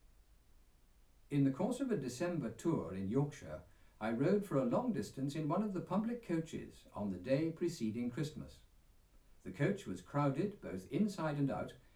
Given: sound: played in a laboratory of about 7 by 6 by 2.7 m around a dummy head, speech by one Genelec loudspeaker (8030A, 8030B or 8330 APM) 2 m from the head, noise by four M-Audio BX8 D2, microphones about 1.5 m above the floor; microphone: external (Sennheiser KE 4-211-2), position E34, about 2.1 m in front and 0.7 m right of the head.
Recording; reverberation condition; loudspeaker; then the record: male speech in English; low; 120 degrees to the left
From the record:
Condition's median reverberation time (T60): about 310 ms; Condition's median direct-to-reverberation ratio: about 3.5 dB